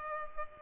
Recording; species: mosquito wingbeat signal from an infrared sensor; Culex pipiens